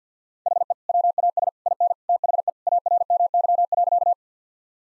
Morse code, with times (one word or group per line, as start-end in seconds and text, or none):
0.5-0.7 HE
0.9-1.5 WAS
1.7-1.9 IN
2.1-2.5 THE
2.7-4.1 ARMY.